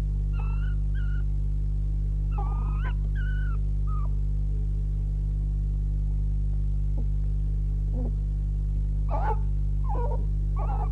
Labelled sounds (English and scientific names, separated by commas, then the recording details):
Red Fox (Vulpes vulpes)
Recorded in captivity
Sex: female
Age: juvenile
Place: Zoologisches Institut der HUB, Berlin, DE
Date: 1955-05-11 19:45
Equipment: 19 cm Halbspuraufnahme
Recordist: Tembrock, Günter